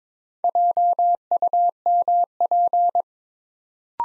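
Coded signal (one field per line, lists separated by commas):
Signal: Morse code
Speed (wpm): 22 wpm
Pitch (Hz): 700 Hz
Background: none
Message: JUMP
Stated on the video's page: Morse practice at 22 wpm building 4-letter words two letters at a time, for training instant character recognition.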